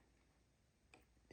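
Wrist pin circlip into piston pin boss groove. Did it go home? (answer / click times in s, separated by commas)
yes / 0.9 s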